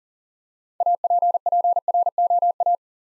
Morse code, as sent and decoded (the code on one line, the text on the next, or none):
.- .--. .--. .-. --- .-
APPROA